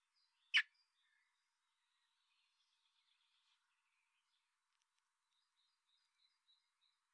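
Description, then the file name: Common blackbird gives one sharp, clicking call, with soft, thin bird song continuing faintly behind it. "Turdus merula"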